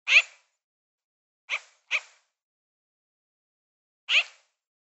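Magpie giving four harsh, rasping chirps: one near the start, a close pair around two seconds, and a last one near four seconds, with silence between.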